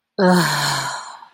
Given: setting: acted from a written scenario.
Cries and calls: vocal sound without words; shame

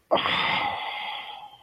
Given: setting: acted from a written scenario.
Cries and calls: vocal sound without words; distress

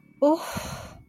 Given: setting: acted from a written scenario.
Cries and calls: vocal sound without words; contentment

